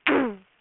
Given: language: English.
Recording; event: throat vibration sensor signal played as sound; throat clearing